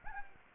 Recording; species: mosquito wingbeat signal from an infrared sensor; Anopheles gambiae